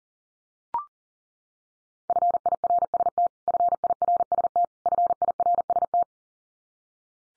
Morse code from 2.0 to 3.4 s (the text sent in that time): FIRST